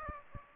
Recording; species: mosquito wingbeat signal from an infrared sensor; Aedes aegypti